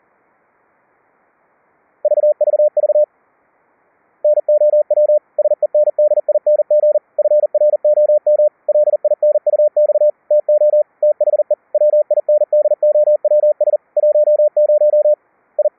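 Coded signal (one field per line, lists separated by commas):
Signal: Morse code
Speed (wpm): 41 wpm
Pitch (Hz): 600 Hz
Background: none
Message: VVV NOW SENDING FROM LINUX TO THE WINDOWS 10 I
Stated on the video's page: CW generated by software keyboard senders at 5 kHz, carried between two QUISK SDRs over IP and demodulated to normal pitch tones.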